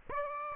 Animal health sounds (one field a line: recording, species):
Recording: mosquito wingbeat signal from an infrared sensor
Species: Aedes aegypti